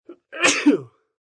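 A brief catch of breath, then a single explosive burst that trails off into a short voiced tail, lasting under a second. This is one typical adult male sneeze, a general male sneeze in the human element sneezing category.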